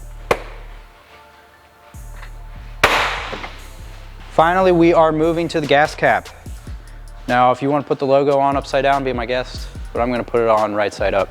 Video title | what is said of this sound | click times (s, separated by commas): ND Miata Fluid Cap Upgrades! - Verus Engineering | all right so that's off we're going to throw this guy on you'll hear an audible click and then it's installed | 0.3 s, 2.8 s